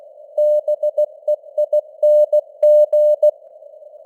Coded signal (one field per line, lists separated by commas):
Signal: Morse code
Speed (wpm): 16 wpm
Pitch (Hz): 600 Hz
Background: none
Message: BEING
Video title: Morse Code News | 2025-10-07 | 16wpm